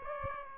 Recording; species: mosquito wingbeat signal from an infrared sensor; Aedes aegypti